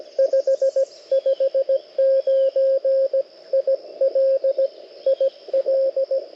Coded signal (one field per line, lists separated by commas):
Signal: Morse code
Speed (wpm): 17 wpm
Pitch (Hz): 540 Hz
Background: radio noise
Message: 559 IL IL